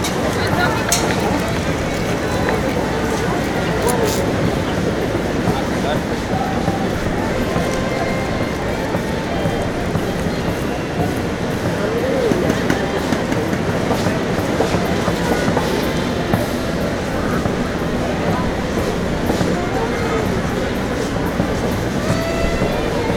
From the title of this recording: Calm Washington Square Park Ambience